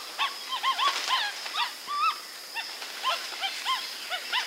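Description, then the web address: Brown capuchin chattering with many short arched chirps over a steady high hiss. Primate of the South American rainforest. "Nature Songs S America Primates of the Rainforest Brown capuchin monkey"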